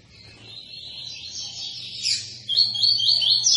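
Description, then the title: Double-collared seedeater song, a long warbled phrase of high twittering notes ending in brighter, rapid buzzy trills; low steady hum underneath. Tui-tui song type from a 'fibra' bird; teacher song used for training young birds. "COLEIRO TUI TUI FIBRA CANTO PROFESSOR"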